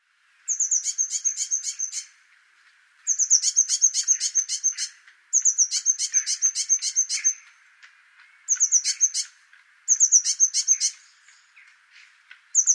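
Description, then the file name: Eurasian blue tit giving repeated bursts, each a high thin note followed by a rapid buzzy chatter, six bursts separated by short pauses, the last cut off at the end. "Cyanistes caeruleus"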